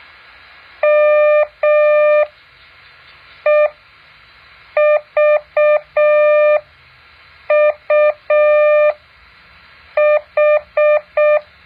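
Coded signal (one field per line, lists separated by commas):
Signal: Morse code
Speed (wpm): 6 wpm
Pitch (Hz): 600 Hz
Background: none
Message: MEVUH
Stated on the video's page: Morse code practice exercise.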